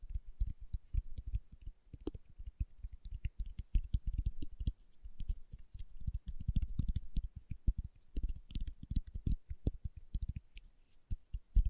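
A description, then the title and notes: Fingertips tap in quick, uneven bursts for the whole twelve seconds, each a soft, low thud with a dull, muted body. The taps come densely, sometimes in rapid rolls, sometimes with short gaps, and faint crisp ticks and clicks sprinkle above them throughout. ASMR Tapping with Fingertips (No Talking).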